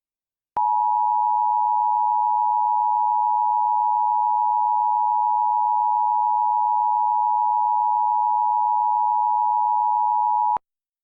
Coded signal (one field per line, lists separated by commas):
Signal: Emergency Alert System (SAME) tones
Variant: 853 and 960 Hz attention tone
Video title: EAS Scenario: Lost in Silence